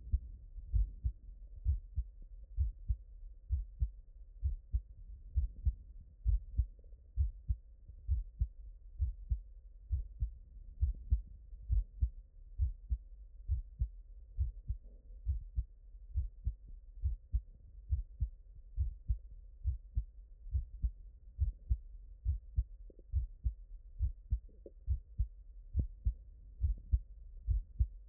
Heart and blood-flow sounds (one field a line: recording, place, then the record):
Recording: heart sounds by stethoscope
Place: mitral valve (MV)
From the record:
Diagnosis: non-HFrEF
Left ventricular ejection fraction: 58%